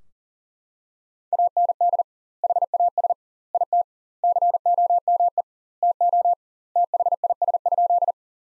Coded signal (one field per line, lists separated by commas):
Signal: Morse code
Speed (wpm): 40 wpm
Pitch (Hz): 700 Hz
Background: none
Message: AND HAS IT COME TO THIS?